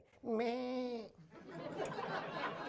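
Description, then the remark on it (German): A single loud bleat from a goat walking by, a wavering, nasal cry lasting about a second, followed by a softer wash of indistinct chatter and murmuring voices. “Und eine Ziege läuft vorbei.”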